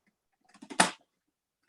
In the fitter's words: It's only going to turn in when it's locked. Do you want to hear it lock?